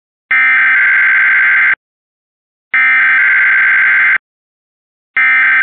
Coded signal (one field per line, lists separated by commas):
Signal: Emergency Alert System (SAME) tones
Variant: header bursts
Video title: EAS #82: Comcast (Wheeling, WV headend) Required Weekly Test - November 10, 2023